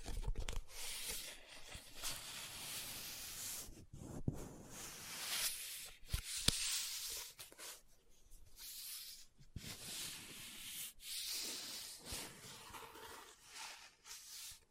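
Pages of a book being handled, with soft, continuous scratching and rubbing that swells and fades in waves. Brief sharp taps or clicks punctuate it around 4, 6.5, 9.5 and 11 seconds. The sounds are bright and papery, with short silent gaps between strokes.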